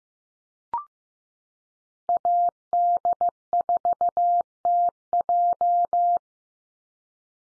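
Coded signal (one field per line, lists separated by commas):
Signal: Morse code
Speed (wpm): 15 wpm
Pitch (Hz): 700 Hz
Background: none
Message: AD4TJ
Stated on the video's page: Call signs sent at 15 wpm for head-copy practice, each sent in Morse, then spoken, then sent again.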